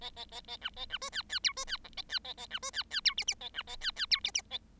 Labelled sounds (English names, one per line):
Bengalese Finch song